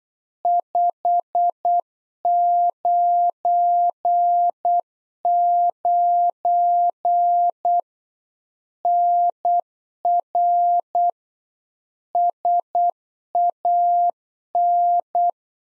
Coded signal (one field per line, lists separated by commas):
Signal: Morse code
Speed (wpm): 8 wpm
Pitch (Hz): 700 Hz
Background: none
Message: 599 NR SAN